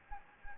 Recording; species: mosquito wingbeat signal from an infrared sensor; Anopheles gambiae